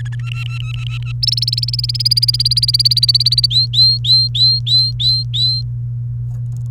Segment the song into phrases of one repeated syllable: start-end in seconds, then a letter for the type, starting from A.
0.00-0.15 A, 0.19-1.12 B, 1.23-3.46 C, 3.50-5.61 D